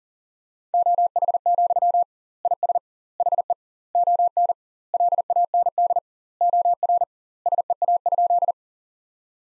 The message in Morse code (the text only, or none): OH, IS HE ON LAND OR SEA?